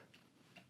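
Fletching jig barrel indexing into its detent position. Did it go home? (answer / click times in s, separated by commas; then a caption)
yes / 0.1 s, 0.6 s. An archer rotates a fletching jig's barrel to the next vane position, and it indexes into its detent stop with sharp clicks at 0.1 s and 0.6 s. The barrel is seated in its indexed position.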